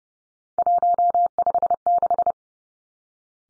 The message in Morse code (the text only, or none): 156